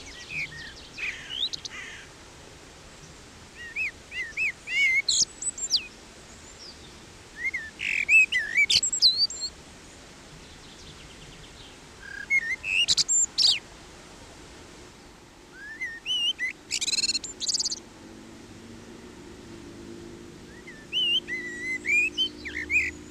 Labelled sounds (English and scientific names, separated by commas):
Common Blackbird (Turdus merula) song